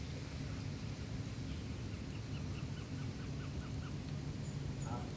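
A goshawk, picked up by an outdoor microphone, gives a faint, rapid series of sharp, repeated kek notes over a steady low rumble of outdoor background noise, with a brief cluster of calls near the end.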